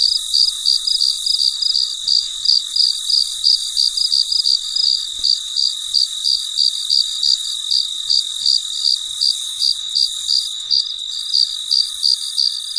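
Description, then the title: Cricket keeps up a quick, regular series of high chirps, close to three a second, against an unbroken insect hiss. Recorded late at night, in deep quiet. "深夜录制蟋蟀昆虫声"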